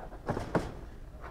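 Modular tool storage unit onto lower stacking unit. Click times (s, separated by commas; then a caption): 0.6 s. A plastic modular tool storage unit is set onto the stacking unit below it, and its latches engage. A softer knock at about 0.3 s is followed by a single sharp hit at 0.6 s as the unit locks into place on the stack.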